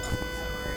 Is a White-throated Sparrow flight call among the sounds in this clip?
no